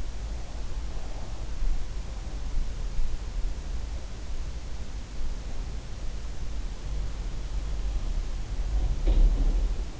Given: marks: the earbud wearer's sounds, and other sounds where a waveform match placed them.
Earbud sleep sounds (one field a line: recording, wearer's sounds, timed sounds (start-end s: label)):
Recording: sounds in sleep by an in-ear microphone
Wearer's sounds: breath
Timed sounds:
0.00-1.79 s: breath
8.85-9.94 s: sound from someone else or the room